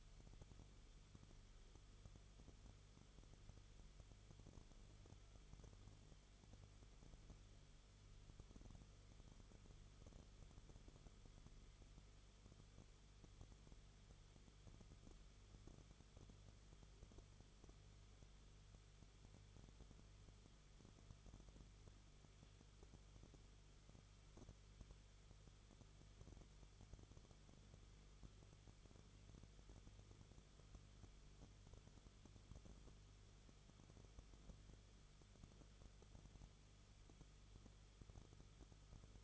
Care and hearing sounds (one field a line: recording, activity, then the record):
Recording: daily activity, microphone in the room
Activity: no activity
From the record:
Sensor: 4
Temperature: 22.9 degrees Celsius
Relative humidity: 34.5%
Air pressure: 1011.5 hPa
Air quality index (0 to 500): 193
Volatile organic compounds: 13 ppm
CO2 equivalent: 2389 ppm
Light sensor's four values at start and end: 2/3/1/1 and 2/3/1/1